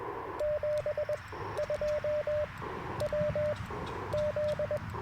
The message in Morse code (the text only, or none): 72 WZ